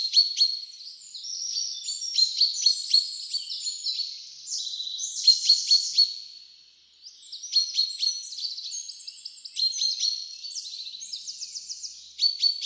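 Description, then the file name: Common chaffinch calls: continuous high, layered chirping and twitters with repeated sharp chip bursts, a brief lull near seven seconds, then the chattering resumes to the end. "Fringilla coelebs"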